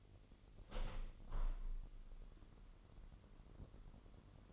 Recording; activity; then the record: daily activity, microphone in the room; open window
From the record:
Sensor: 4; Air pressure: 999.6 hPa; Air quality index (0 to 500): 105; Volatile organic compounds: 2 ppm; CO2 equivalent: 1038 ppm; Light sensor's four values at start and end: 12/29/12/13 and 12/29/12/13